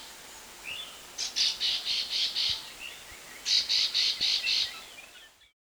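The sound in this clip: Chestnut-bellied nuthatch calling with two quick runs of five or six rasping high notes, separated by a brief gap, over faint background hiss.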